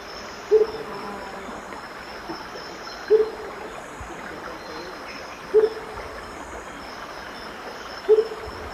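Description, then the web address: Rufous motmot hoot song: four low, soft single hoots spaced about two and a half seconds apart over a steady background hiss. Hoot song recorded in the eastern lowlands of South America. "Natures Songs S America Eastern Lowlands. Baryphthengus martii, hoot song"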